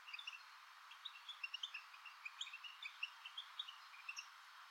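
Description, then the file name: European goldfinch calls: a steady stream of short, high tinkling chirps and twitters, several per second, over a soft background hiss. "Carduelis carduelis"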